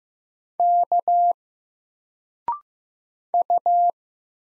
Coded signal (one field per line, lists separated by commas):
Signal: Morse code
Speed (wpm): 15 wpm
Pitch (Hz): 700 Hz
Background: none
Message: K U